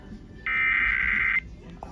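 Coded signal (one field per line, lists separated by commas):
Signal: Emergency Alert System (SAME) tones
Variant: header bursts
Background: speech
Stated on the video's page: Weekly weather radio tests, among several EAS tests.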